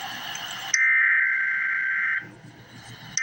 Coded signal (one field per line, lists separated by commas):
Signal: Emergency Alert System (SAME) tones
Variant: header bursts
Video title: Emergency Alert System - Special Weather Statement - Feb 6, 2026 at 5:34 AM EST